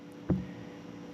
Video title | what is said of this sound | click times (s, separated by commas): Briggs & Stratton - Push Mower, Power Washer - CARBURETOR CLEANING DETAILED - FixMowersFast.com | and we can see that just pushes down in there we hear the snap | 0.3 s